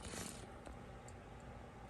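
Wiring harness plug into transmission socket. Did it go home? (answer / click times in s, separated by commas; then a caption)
no / none. A wiring harness plug is handled at its socket on the back of the transmission of a Chevy Suburban or Tahoe with a 4x4 transmission and LS motor during a rear main seal replacement. A brief broadband scraping rustle fills the first half-second, followed by faint light ticks near 0.7, 1.1 and 1.4 seconds over a low steady background. Nothing has seated or clicked yet; the connector has not gone home.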